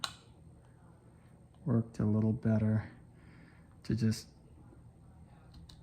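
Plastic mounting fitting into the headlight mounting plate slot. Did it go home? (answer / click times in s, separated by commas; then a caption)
yes / 5.7 s. On a Winnebago Sightseer 35J high beam headlight assembly, the larger plastic mounting fitting is pushed through the headlight mounting plate and twisted in its slot while someone talks. A short, sharp click at 5.7 s marks the fitting locking into place.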